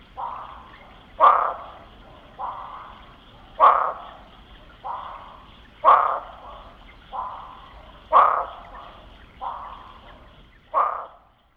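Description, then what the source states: Barking frog calls: short harsh barks repeated about every two to three seconds, with softer notes in between. Call, recorded in Texas.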